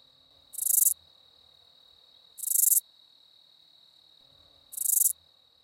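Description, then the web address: Broad-winged bush katydid singing three raspy, pulsed buzzes spaced roughly two seconds apart, with a constant thin high-pitched drone continuing underneath. "The Songs of Insects. Broad-winged Bush Katydid"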